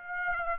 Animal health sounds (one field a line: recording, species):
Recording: mosquito wingbeat signal from an infrared sensor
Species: Aedes aegypti